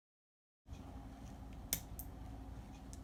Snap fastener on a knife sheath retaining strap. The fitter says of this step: snap is a sturdy snap. You can hear it click.